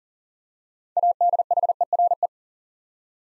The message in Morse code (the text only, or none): ADHERE